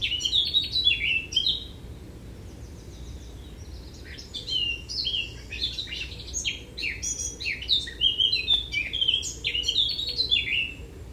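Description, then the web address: Eurasian blackcap song: rapid, chattering warbled phrases of high notes, sliding up and down, in two bursts separated by a quieter pause. "SETE data Sylvia atricapilla"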